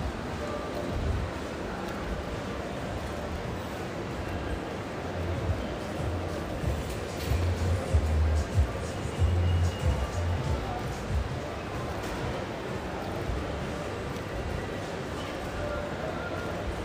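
A steady low rumble of a moving bus or metro carriage fills the recording, with murmured voices mixed faintly into the roar. The level stays fairly constant, swelling slightly with deeper, heavier rumbling bursts around the eighth to tenth seconds.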